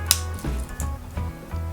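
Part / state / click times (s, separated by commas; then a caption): fold-over clasp of a steel watch bracelet / seated / 0.1 s. The brushed steel fold-over clasp, with a bead-blasted inner clasp, of an Uncle Seiko 6139 steel watch bracelet is closed and snaps shut with one sharp, solid click at 0.1 s. Softer faint taps follow over a steady low hum.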